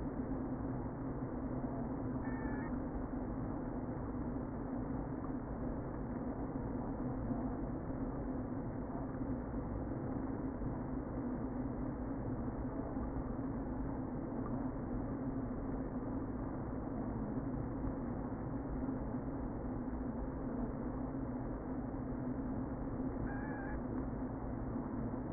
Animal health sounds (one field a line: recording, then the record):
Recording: honeybee colony, microphone inside the hive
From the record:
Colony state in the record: queen present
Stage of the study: before two queens were removed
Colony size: about 60,000 bees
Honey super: yes